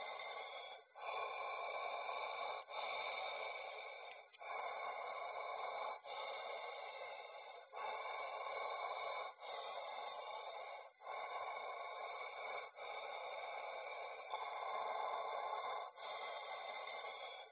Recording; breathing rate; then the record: paced breathing near a phone; 18 breaths a minute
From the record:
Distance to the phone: 20 cm